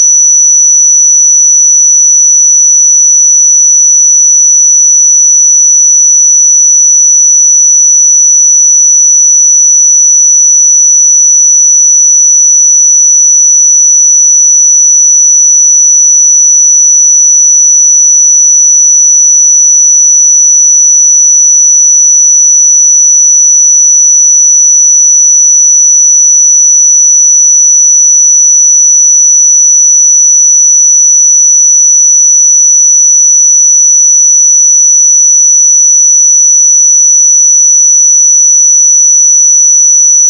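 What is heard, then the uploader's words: A pure sine tone at 5925 Hz holds perfectly steady at one pitch and level for the whole forty seconds, bright and thin, nothing else. 5925 Hz 1 Hz Interval Sine Pure Tone Frequency 441000 Sample Mono.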